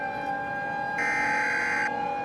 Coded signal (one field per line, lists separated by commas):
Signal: Emergency Alert System (SAME) tones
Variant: header bursts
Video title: EAS Short Scenario 64 | Firefly Power